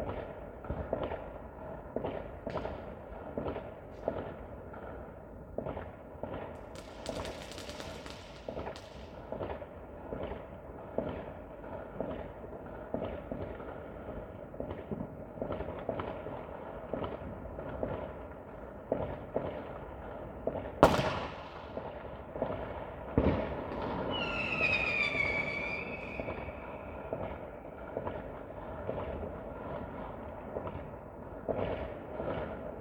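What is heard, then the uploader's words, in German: New Year's Eve fireworks crackle and pop constantly over a steady rumble, with a sharp bang near 21 seconds and a whistling rocket around 25. Silvesternacht: Feuerwerk und Freude.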